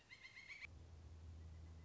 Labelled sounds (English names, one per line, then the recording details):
Pileated Woodpecker
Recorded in Sonoma County, California